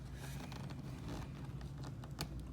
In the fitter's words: housing it will pop off and then that little piece just sits in there so you can just fit